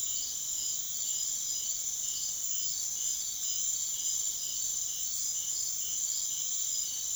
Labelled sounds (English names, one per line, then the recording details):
none
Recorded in secondary vegetation near Puerto Asís, Putumayo, Colombia, on 24 June 2025 at 02:00
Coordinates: 0.500, -76.326
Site GP08